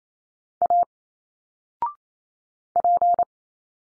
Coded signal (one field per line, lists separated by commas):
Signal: Morse code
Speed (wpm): 28 wpm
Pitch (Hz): 700 Hz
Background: none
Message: A P